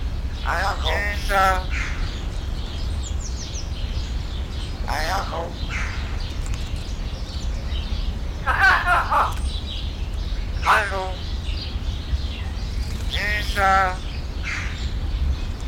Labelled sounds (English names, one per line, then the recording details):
Common Hill Myna
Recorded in captivity
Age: adult
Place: Zoo Berlin, Berlin, DE
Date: 1993-01-30
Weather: -6° C, sonnig
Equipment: Marantz CP 430, Sennheiser ME 80, Kopie Uher Variocord 263
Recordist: Tembrock, Günter